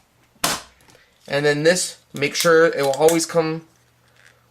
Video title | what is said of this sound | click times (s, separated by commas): Animal Antics - Card #1 Cricut Craft Room | they actually make an adapter that just pops right in | 0.4 s